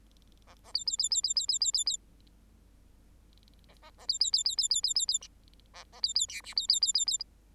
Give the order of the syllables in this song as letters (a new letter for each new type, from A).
A A B B B B B B B B B B A A A B B B B B B B B B A A B B C D B B B B B